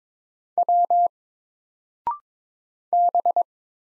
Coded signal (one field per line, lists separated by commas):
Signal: Morse code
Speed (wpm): 22 wpm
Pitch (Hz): 700 Hz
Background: none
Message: W B